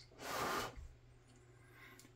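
A plastic turret from a Pegasus 1/72 scale Panzer 38(t) model tank is picked up and held over the hull's turret ring before being fitted, with the glue set aside. A loud, broad rustling handling noise runs from about 0.2 to 0.7 s, followed by quiet with a faint small tick near 2.0 s. The turret has not yet seated or clicked into place.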